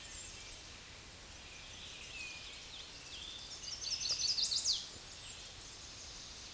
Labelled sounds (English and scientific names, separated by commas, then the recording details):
Chestnut-sided Warbler (Setophaga pensylvanica) song
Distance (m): 15 m
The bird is about 15 m above the microphone
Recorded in a Pennsylvania forest on 16 May 2024 at 08:31
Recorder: AudioMoth, point MSD-0178
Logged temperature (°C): 15.3 °C
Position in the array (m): 88 m, 62 m